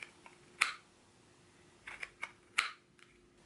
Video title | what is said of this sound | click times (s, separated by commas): Making A Sheath - Multi Layered Kydex Sheath - Horizontal Carry | really like this shape and it has a real good retention on it a nice solid click into place | 0.6 s